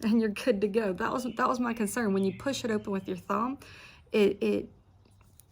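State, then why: Not seated. Someone talks while handling a folding multitool knife, pushing the blade open with a thumb so it will snap into its locked open position in the handle. A few faint ticks come near the end of the clip. The blade has not yet snapped into place or locked when the clip ends.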